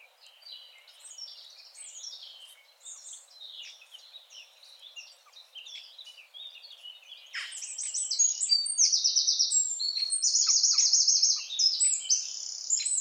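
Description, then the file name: Eurasian wren, loud, high, fast trills filling the second half, after a stretch of softer mixed chirping. "Troglodytes troglodytes"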